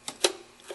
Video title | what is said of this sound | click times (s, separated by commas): How To Replace Intake Manifold Or Intake Gaskets On A 2000 Mercury Grand Marque 4.6 Liter ` | you just take the line put it into the fitting push it until you hear snap | 0.2 s